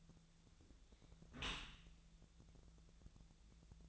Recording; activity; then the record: daily activity, microphone in the room; close dishwasher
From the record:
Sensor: 3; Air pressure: 1000.5 hPa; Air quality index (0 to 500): 174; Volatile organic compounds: 3 ppm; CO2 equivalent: 1508 ppm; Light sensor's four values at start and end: 13/35/14/15 and 13/35/14/15